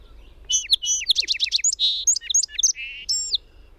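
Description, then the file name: Song sparrow song: introductory sharp notes, a rapid trill of repeated chips, a buzzy note, varied warbles and a lower buzz, ending with a rising-falling note. Recorded 22 June 2001. "Song Sparrow PWSlough"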